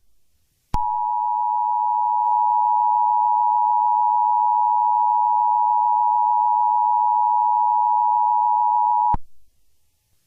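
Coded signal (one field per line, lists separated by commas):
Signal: Emergency Alert System (SAME) tones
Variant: 853 and 960 Hz attention tone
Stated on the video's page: Fictional EAS scenario preview.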